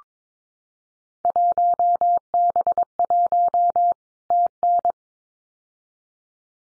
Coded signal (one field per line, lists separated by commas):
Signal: Morse code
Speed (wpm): 22 wpm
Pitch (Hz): 700 Hz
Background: none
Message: 1B1 TN